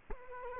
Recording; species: mosquito wingbeat signal from an infrared sensor; Culex quinquefasciatus